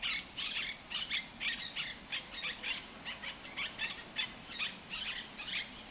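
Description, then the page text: Monk parakeets chattering with many short harsh squawks in an uneven, nearly continuous scratchy series. El Retiro park, Madrid; Madrid has Europe's largest monk parakeet population. "Cities and Memory - remixing the world. Monk parakeets in Madrid. Madrid has the greatest population of Monk Parakeets in Europe, many of whom can be seen and heard in the El Retiro park"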